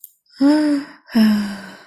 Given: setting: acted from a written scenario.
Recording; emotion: vocal sound without words; pride